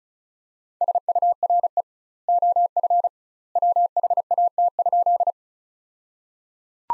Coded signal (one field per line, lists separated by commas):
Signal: Morse code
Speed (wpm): 36 wpm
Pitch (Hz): 700 Hz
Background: none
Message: SURE OF WHAT?